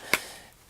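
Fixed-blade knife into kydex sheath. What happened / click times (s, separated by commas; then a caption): The item snapped home into its rigid plastic sheath / 0.1 s. A Boker Vox Rold fixed-blade knife is pushed into its reworked stock kydex sheath and snaps home with one sharp, bright click at 0.1 s. A much fainter tick follows near 0.7 s. The blade sits seated, nice, secure and firm.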